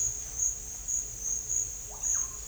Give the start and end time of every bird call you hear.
1.80s-2.36s: bird call (0.5-2.3 kHz)

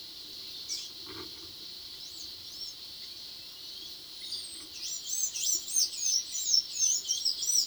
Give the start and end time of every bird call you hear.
1.91s-7.67s: bird call (1.8-10.9 kHz)

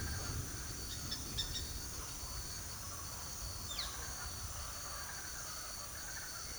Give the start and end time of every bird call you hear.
0.81s-1.65s: bird call (1.4-6.7 kHz)
3.72s-4.09s: bird call (1.2-5.9 kHz)

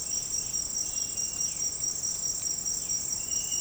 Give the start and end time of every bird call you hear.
0.00s-1.66s: bird call (2.1-4.1 kHz)

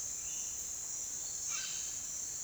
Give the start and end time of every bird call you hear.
1.44s-1.93s: bird call (0.8-6.2 kHz)

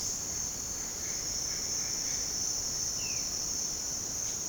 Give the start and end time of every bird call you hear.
2.99s-3.23s: bird call (1.6-3.4 kHz)

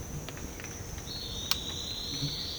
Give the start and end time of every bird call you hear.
1.00s-2.58s: bird call (2.9-5.2 kHz)

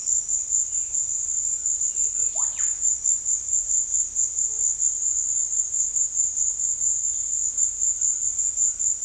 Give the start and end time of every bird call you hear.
2.02s-2.81s: bird call (0.2-4.2 kHz)

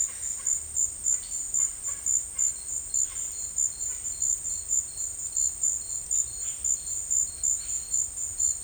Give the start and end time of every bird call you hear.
0.00s-3.35s: bird call (0.3-3.8 kHz)

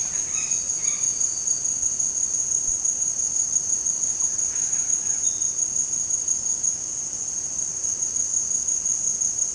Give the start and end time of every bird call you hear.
0.00s-1.07s: bird call (0.6-5.9 kHz)

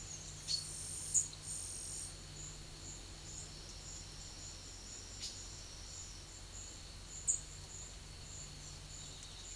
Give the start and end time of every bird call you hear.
0.41s-0.68s: bird call (2.5-6.6 kHz)

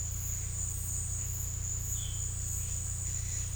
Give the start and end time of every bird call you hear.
1.98s-2.23s: bird call (2.3-3.9 kHz)

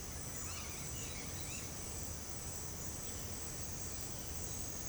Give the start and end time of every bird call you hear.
0.33s-1.68s: bird call (1.2-5.7 kHz)

